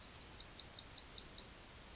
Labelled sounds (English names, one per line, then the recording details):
Yellowhammer song
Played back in grassland
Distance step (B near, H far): E
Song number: 104